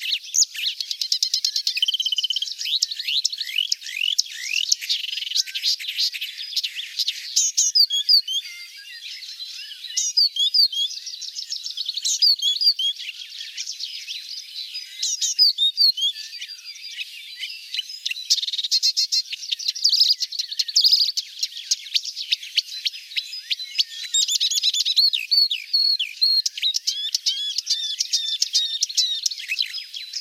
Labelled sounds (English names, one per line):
Marsh Warbler song